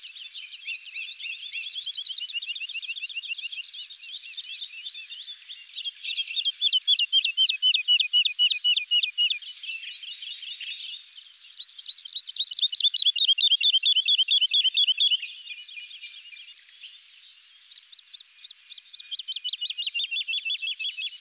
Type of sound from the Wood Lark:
song